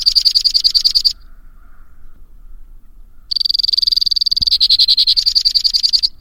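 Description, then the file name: White-winged crossbill song: a short, fast, dry trill, a pause of about two seconds, then a longer trill that shifts its pace partway through. "suara kicauan burung white winged crossbill. omkicau"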